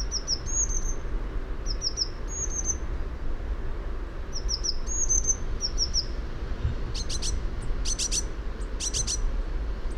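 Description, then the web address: Eurasian blue tit calls: short high sliding notes in small repeated groups through the first six seconds, then sharper, harsher high chirps over steady low noise. "fugl b-mejse"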